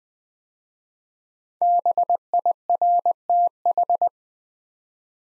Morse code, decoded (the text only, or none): BIRTH